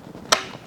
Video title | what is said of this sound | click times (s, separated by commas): NUNA REVV Maxx Installation (Lower Anchors + Top Tether) - LATCH Install Guide | but when I close this door, you'll feel tension and you'll hear it click distinctly. | 0.3 s